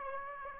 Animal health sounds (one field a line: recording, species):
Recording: mosquito wingbeat signal from an infrared sensor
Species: Aedes aegypti